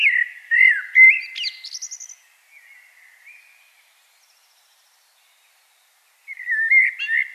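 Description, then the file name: Common blackbird singing: rich fluty warbles slide into a thin, squeaky high flourish, followed by soft-sounding notes and, after a pause, another mellow phrase. "Turdus merula"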